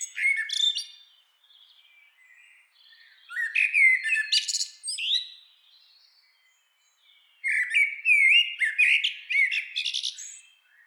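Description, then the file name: Eurasian blackbird, song: three mellow whistled phrases, the last long and busy, each topped with high squeaky twitters, with softer notes in the gaps. "Turdus merula"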